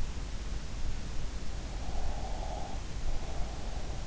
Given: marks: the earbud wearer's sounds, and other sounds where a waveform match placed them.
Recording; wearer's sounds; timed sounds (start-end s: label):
sounds in sleep by an in-ear microphone; breath
1.86-3.82 s: breath